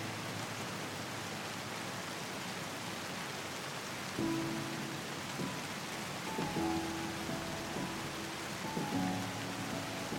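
Steady, dense rain hisses throughout while soft sustained music tones enter around four seconds and shift gently near six and nine seconds.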